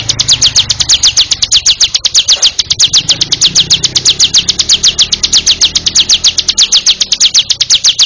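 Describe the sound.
Bar-winged prinia delivering a steady, rapid string of shrill descending notes.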